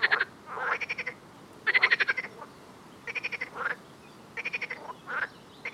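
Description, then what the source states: Frog calls: pulsed, rattling croaks in short bursts, repeated several times over a quiet background. Frog in a soundscape.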